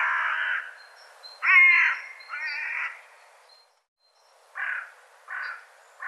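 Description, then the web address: Bird calls: harsh, buzzy harmonic notes, a louder grating call, a short silence, then three clipped nasal calls. "cianscape birddata"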